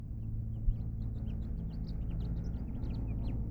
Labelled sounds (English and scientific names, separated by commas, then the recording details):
House Finch (Haemorhous mexicanus) song
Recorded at Hewlett Harbor on Long Island, New York, on 10 June 1975
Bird M